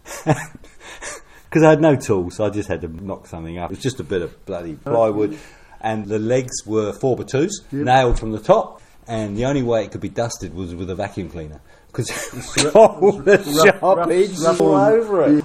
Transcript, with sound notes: ‘Cause I had no tools, so I just had to knock something up – it was just a bit of bloody plywood, and the legs were four-by-twos nailed from the top. And the only way it could be dusted was with a vacuum cleaner, ‘cause [laughter] the top had sharp edges all over it.